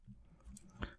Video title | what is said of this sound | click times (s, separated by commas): Eaglemoss Build the Back to the Future Delorean Parts 32 & 33: That's the Power...! | that is the on/off switch all it does click into place very nice | 0.6 s, 0.8 s